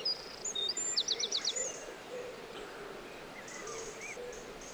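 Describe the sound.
Bird song: bright, rapidly repeated high trilled notes around one to one and a half seconds, with scattered thin whistles before and after and a soft steady hiss.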